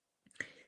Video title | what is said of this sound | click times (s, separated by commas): INTRODUCTION TO SPELLBINDERS BETTERPRESS WITH LISA HORTON CRAFTS | again, the magnets in the corners snapped into place. | 0.4 s